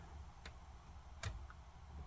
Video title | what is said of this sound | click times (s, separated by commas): Repinning a Connector | This slides right in. You'll hear a click. | 1.2 s